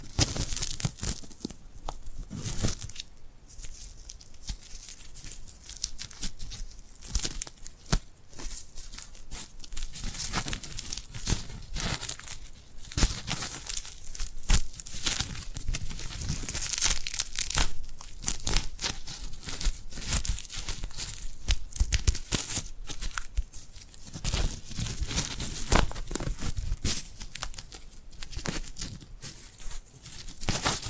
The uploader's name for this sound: Tingly Glued Hand Sounds